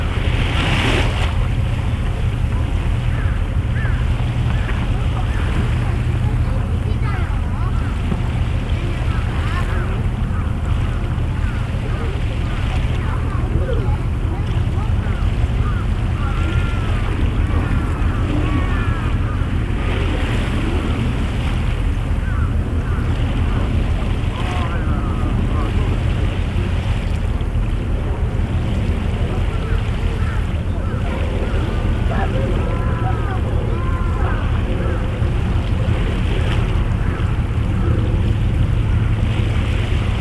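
Waves at Yokohama Port wash steadily under a constant low engine-like rumble, with faint chirping calls and brief splashes scattered throughout.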